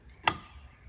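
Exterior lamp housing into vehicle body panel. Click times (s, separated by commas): 0.3 s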